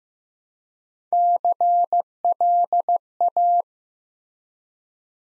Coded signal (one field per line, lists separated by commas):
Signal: Morse code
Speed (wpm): 15 wpm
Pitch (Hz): 700 Hz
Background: none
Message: CLA